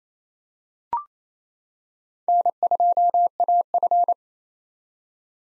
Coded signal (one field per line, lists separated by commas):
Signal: Morse code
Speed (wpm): 28 wpm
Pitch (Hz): 700 Hz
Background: none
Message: N2AF